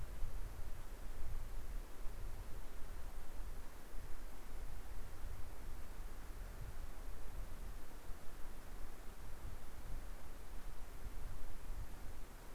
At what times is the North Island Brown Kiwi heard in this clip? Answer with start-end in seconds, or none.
none